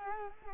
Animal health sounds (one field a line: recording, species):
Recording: mosquito wingbeat signal from an infrared sensor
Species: Culex quinquefasciatus